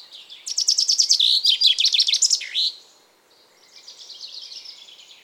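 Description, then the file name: Common chaffinch song: one strong phrase of rapid, cascading notes with a terminal flourish, then a quieter, buzzier phrase. "Fringilla coelebs"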